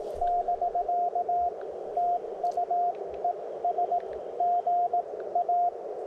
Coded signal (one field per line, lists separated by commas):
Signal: Morse code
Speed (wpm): 18 wpm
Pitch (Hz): 700 Hz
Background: radio noise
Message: <BK> TU ES GA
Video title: POTA Activation; Wind in The Pines